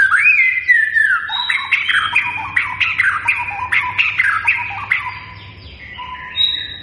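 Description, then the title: White-rumped shama song: a loud sweeping whistle, then rapid varied chattering phrases and rich notes, fading near the end before a final high note. Bird in full vigorous song; lure recording meant to draw a response from other shamas. "MURAI BATU GACOR"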